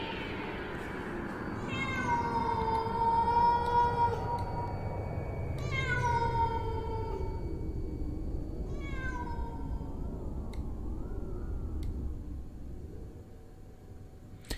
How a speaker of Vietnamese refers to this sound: Trong đêm, mọi thứ cô tịch lắm, chỉ vọng lại có tiếng con mèo nó kêu, nghe ai oán não nùng.